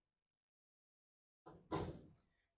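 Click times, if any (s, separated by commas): none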